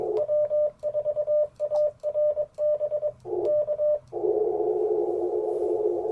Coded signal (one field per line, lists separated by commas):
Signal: Morse code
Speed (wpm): 24 wpm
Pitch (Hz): 590 Hz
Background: radio noise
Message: W4ARB K